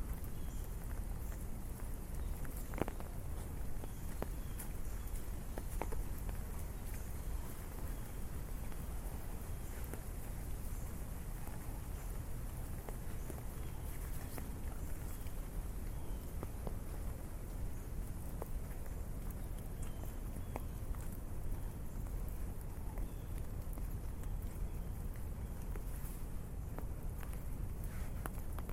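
Rain patters on an umbrella during a city walk, a dense, steady hiss with a strong low rumble underneath. Scattered sharper ticks and taps stand out every few seconds, and the overall level stays even for the whole stretch, with faint hints of footsteps.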